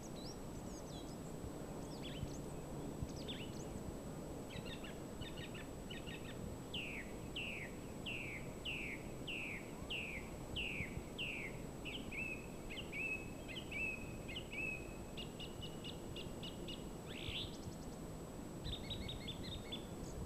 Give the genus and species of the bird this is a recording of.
Turdus philomelos